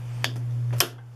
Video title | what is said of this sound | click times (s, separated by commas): Juki Lu 562 - 563 Industrial Sewing Machine maintenance video | and you can hear it snap back into place | 0.8 s